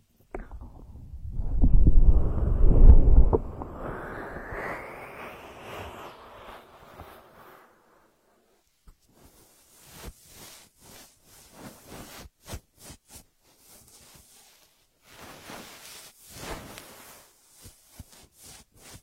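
Ear massage with no voice. It opens with a loud, muffled rubbing rumble that peaks around two to three seconds, then thins into a softer hiss and fades by about eight seconds. After a short silence, quiet crackly rubs and taps come in irregular bursts.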